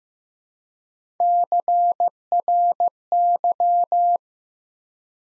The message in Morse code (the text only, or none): CRY